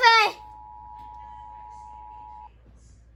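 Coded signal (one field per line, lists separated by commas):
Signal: Emergency Alert System (SAME) tones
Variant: 853 and 960 Hz attention tone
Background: speech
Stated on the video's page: EAS tones for a severe thunderstorm warning.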